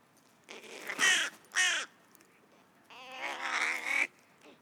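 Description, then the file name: Carrion crow cawing: two harsh caws, then after a pause one long, drawn-out rasping caw. "Corvus corone"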